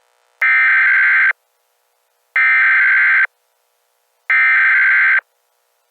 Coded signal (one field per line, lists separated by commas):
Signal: Emergency Alert System (SAME) tones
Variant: header bursts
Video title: Required Weekly Test at 3 AM to wake everyone up (EAS Mock #5)